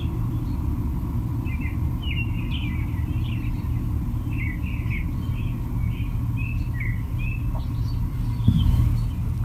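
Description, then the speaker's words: American robin song: series of short caroling whistled phrases with pauses, over loud steady traffic rumble. Several American robins in an urban soundscape, where they dominate. "Do we have something else in the background, Rob? I only catch the American Robins. Yeah, I got several American Robins."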